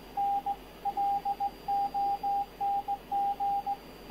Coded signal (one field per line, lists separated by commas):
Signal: Morse code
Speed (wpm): 16 wpm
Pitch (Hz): 800 Hz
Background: radio noise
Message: N LONG